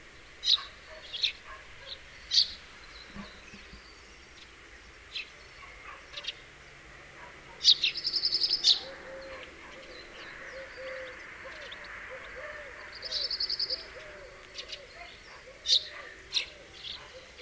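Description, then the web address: House sparrow chirps, short sharp notes scattered irregularly, with brief bursts of quick chirping. "SETE Passer domesticus"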